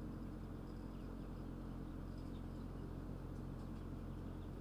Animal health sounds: poultry house recording; healthy chickens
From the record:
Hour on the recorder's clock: 23

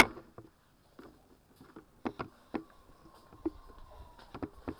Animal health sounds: poultry house recording; healthy chickens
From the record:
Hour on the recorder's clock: 20

